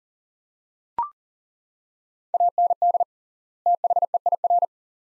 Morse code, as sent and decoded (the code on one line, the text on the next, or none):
.- -. -.. / - .... . .. .-.
AND THEIR